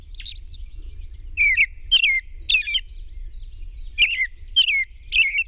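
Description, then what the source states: European robin song: high, thin warbling phrases with quick downslurs and sharp ticks, delivered in short bursts separated by brief pauses. Recorded at dawn on 21 June 2001.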